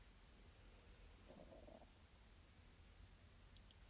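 A single soft, gurgling stomach growl lasting about half a second over quiet background hiss, from an adult who has hardly eaten all day.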